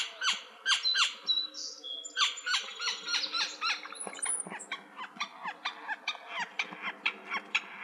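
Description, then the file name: Gila woodpecker repeating rapid sharp call notes, somewhat softer, over faint background noise and a few thin high notes. Recorded in Arizona on 24 April 2004. "GIWO 5"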